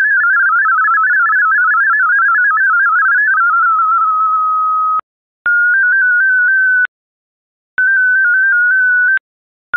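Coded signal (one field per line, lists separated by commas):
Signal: multi-tone FSK (Olivia or MFSK type)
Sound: rapid warbling tone hopping between pitches, a steady tone, then three short humming bursts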